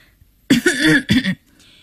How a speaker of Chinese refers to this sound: 咚咚两声拐杖捶地的声音，姑奶奶出现在门口，咳嗽了一下。